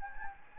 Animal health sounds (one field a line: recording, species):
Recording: mosquito wingbeat signal from an infrared sensor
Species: Anopheles gambiae